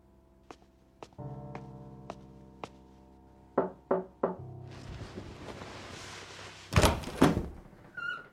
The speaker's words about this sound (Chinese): 外头的脚步声去而复返，渐行渐近，直至敲门声响起。